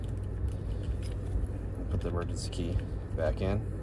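A metal emergency key blade is handled at a plastic key fob housing for a 2019–2023 Toyota Corolla, about to be slid back in after a battery change, while someone talks over a steady low hum. Nothing has seated or clicked yet.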